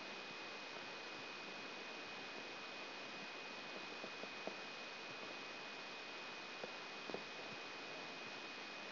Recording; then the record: brain microelectrode recording played as sound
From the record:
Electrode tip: inside the subthalamic nucleus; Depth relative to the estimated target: 0 mm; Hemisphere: left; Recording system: AlphaMap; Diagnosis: Parkinson's disease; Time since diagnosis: 14 years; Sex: male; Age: 56 years